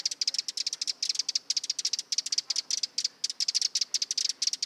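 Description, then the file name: Eurasian wren with bursts of dry, clicking tick notes, grouped in short rattles separated by brief pauses. "Troglodytes troglodytes"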